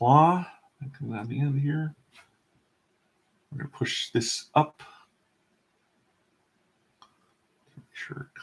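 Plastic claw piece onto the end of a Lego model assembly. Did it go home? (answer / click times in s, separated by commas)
no / none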